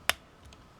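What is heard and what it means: A plastic leg/foot part of a Target Voyager Starscream figure from Transformers: Dark of the Moon is clipped into position during a robot-to-jet transformation, using a shortcut rather than the official transformation. A sharp, bright snap at 0.1 s shows the part seating, followed by a much fainter tick around 0.5 s.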